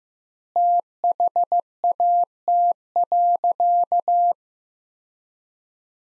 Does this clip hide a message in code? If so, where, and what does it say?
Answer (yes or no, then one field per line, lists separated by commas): yes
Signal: Morse code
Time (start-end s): 0.6-4.3 s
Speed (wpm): 15 wpm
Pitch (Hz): 700 Hz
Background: none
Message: THAT.